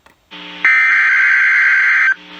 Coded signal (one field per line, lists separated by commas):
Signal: Emergency Alert System (SAME) tones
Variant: header bursts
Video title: Texas Severe Weather Outbreak 3/14/2022- My Stream Captures (EAS#313-321)